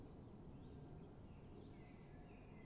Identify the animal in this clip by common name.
Common Chiffchaff